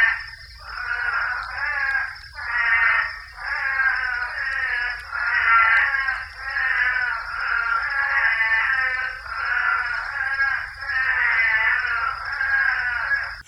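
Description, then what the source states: Couch's spadefoot toad calls, loud bleating, nasal wails each lasting about a second, repeated over and over with short gaps, against a steady high hum. Recorded at Saguaro National Park, Arizona.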